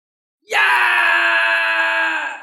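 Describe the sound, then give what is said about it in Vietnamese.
A loud, anguished scream bursts out after a short silence and holds steady for about two seconds, strained and harmonically rich, fading slightly at the end; in an audiobook story, the spirit of Tác Cô cries out as it is engulfed by golden flames. “Luồng chân linh này của Tác Cô hét lớn và bị ngọn lửa vàng ống ánh kia nhấn chìm.”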